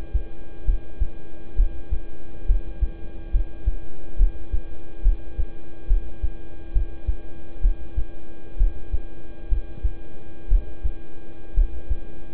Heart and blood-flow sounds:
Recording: heart sounds by stethoscope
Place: between the tricuspid and mitral areas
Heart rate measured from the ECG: 66 bpm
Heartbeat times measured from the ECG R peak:
0.65 s: heartbeat
1.56 s: heartbeat
2.46 s: heartbeat
3.31 s: heartbeat
4.17 s: heartbeat
5.02 s: heartbeat
5.87 s: heartbeat
6.73 s: heartbeat
7.61 s: heartbeat
8.57 s: heartbeat
9.49 s: heartbeat
10.48 s: heartbeat
11.54 s: heartbeat
From the record:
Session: rest, lying down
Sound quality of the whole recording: good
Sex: male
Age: 26 years

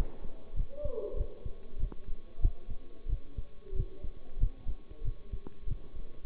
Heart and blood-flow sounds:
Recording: heart sounds by stethoscope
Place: between the tricuspid and mitral areas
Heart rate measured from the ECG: 94 bpm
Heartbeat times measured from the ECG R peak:
0.53 s: heartbeat
1.13 s: heartbeat
1.76 s: heartbeat
2.38 s: heartbeat
3.06 s: heartbeat
3.72 s: heartbeat
4.36 s: heartbeat
5.01 s: heartbeat
5.64 s: heartbeat
6.24 s: heartbeat
From the record:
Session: bicycle stress test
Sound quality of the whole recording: good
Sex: male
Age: 23 years

